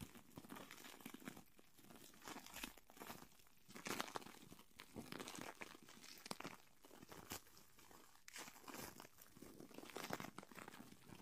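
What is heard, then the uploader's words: Plastic wrap crinkles and crackles against a mic in a dense, irregular rustle, with sharper bright crunches near 4, 8 and 10 seconds. PLASTIC WRAP ON THE MIC (EXTRA TINGLY).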